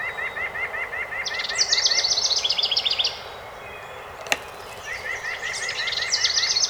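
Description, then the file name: House wren singing two fast, jumbled, high trilled bursts, each led by evenly repeated lower chirps, with a single sharp click between them. Recorded on 12 May 2018. "2018-05-12 HOWR"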